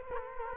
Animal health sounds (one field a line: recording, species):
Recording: mosquito wingbeat signal from an infrared sensor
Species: Culex quinquefasciatus